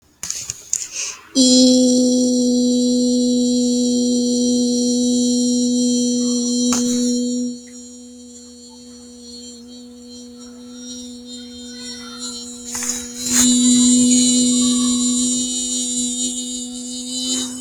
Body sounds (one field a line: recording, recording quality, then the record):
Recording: sustained vowel as in beet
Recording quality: excellent, no background noise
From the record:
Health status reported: healthy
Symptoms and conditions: none ticked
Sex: female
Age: 30 years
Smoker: not ticked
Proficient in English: yes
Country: India